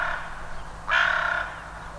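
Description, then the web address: Bird giving a single harsh, drawn-out rasping call after a softer buzzy note, over a low steady hum. "cianscape birddata Deverinetal 2025 Bird Only"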